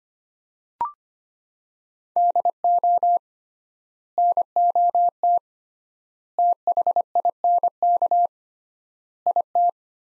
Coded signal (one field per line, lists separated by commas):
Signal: Morse code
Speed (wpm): 25 wpm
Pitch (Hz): 700 Hz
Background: none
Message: DO NOT THINK IT